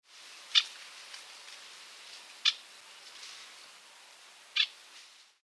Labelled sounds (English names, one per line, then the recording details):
Eurasian Reed Warbler
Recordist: Tembrock, Günter
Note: Rufe